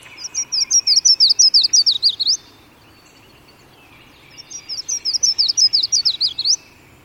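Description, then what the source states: Yellow-throated Warbler sings a quick series of high, clear notes, given twice about four seconds apart. Nests in lush, wet bayou habitat alongside many other songbirds.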